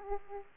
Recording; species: mosquito wingbeat signal from an infrared sensor; Aedes aegypti